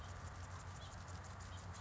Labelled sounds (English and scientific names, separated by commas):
House Finch (Haemorhous mexicanus)